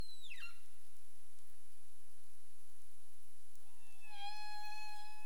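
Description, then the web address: Humpback whale tonal calls: a steep falling sweep opens, then after a quiet gap a long, steady, harmonic-rich moan holds near the end over faint background hiss. 27 April 2035, 22:41 UTC. "CARIMAM clean data humpback whale"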